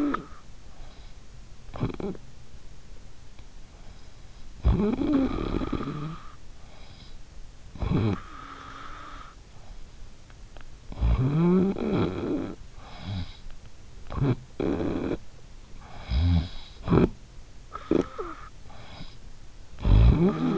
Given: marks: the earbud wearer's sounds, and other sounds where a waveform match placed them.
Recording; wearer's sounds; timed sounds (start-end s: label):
sounds in sleep by an in-ear microphone; snoring breath
0.00-20.58 s: snoring breath